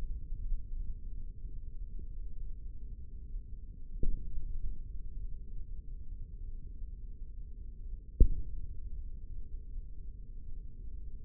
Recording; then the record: forearm muscle sounds (acoustic myography)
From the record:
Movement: tripod grip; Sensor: system 3, bracelet of six PUI Audio POM-2738L microphones around the upper forearm, with dedicated amplification and filtering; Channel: 6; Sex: male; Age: 55 years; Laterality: right